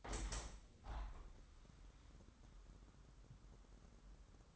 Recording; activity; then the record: daily activity, microphone in the room; open window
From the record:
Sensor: 3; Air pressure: 998.0 hPa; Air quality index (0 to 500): 144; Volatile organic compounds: 5 ppm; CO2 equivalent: 1716 ppm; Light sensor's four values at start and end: 14/41/16/15 and 14/41/16/15